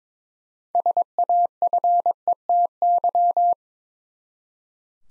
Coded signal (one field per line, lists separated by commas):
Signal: Morse code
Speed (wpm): 22 wpm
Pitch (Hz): 700 Hz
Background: none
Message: SAFETY